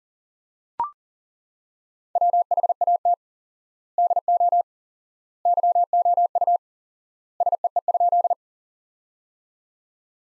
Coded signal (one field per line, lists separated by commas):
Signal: Morse code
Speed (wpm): 40 wpm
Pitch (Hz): 700 Hz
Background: none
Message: WHAT DO YOU SEE?